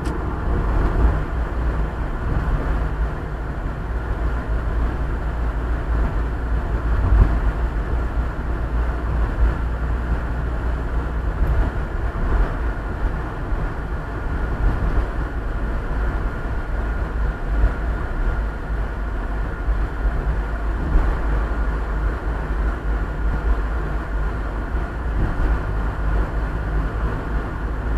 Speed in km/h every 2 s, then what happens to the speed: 60, 58, 56, 57, 58, 57, 57, 55, 54, 52, 51, 51, 51, 51.
0-28 slows to 51.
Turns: none.